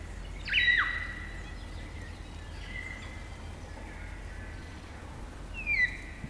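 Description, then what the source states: Kaka song, a few long eerie whistles, one rising then falling sharply, and a later short descending whistle, with quiet gaps and a low background hum. Kakas, large parrots, singing an eerie dusk chorus in late spring at Karori Sanctuary near Wellington, New Zealand.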